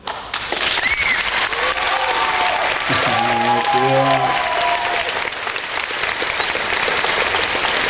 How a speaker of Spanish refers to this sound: La tribuna aplaude.